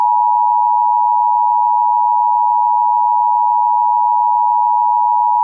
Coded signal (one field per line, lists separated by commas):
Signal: Emergency Alert System (SAME) tones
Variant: 853 and 960 Hz attention tone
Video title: EAS Scenario 100 Subscriber Special Terror Attack On America